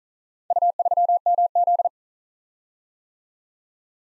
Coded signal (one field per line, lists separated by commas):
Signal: Morse code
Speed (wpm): 43 wpm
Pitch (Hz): 700 Hz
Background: none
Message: U3MZ